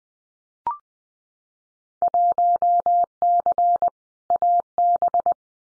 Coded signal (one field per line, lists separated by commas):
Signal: Morse code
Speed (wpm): 20 wpm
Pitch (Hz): 700 Hz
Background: none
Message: 1C AB